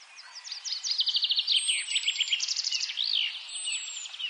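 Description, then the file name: Eurasian blackcap song, a fast run of sharp repeated notes followed by clear whistled phrases, rising and falling, with thin high whistles behind. "Sylvia atricapilla"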